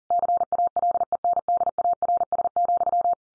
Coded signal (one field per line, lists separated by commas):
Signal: Morse code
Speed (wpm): 40 wpm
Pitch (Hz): 700 Hz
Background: none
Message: CALENDARS,